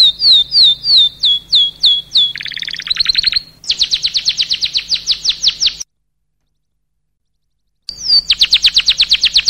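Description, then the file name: Canary song: rapid repeated downslurred whistles, then a buzzy trill and fast sweeping notes; a two-second silent break, then quick trilled tours resume over a faint low hum. "suara burung kenari"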